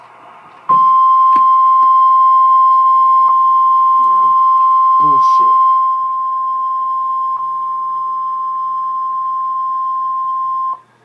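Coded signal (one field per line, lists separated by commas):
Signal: Emergency Alert System (SAME) tones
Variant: 1050 Hz attention tone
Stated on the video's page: Real severe thunderstorm warning alert.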